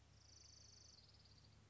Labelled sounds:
Orange-crowned Warbler (Leiothlypis celata)
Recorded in Sonoma County, California

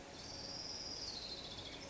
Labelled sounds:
Orange-crowned Warbler (Leiothlypis celata)
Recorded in Sonoma County, California

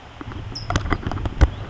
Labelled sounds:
California Towhee (Melozone crissalis)
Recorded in Sonoma County, California

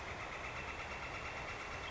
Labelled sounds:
Northern Flicker (Colaptes auratus)
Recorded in Sonoma County, California

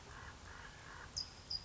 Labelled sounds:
California Towhee (Melozone crissalis)
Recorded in Sonoma County, California

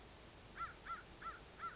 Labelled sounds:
American Crow (Corvus brachyrhynchos)
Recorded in Sonoma County, California

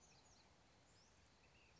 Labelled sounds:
Ash-throated Flycatcher (Myiarchus cinerascens)
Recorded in Sonoma County, California

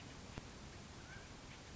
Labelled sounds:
Mountain Quail (Oreortyx pictus)
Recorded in Sonoma County, California

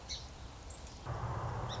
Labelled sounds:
Song Sparrow (Melospiza melodia)
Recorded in Sonoma County, California

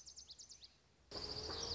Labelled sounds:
Lazuli Bunting (Passerina amoena)
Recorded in Sonoma County, California

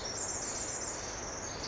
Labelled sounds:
Pacific Wren (Troglodytes pacificus)
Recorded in Sonoma County, California

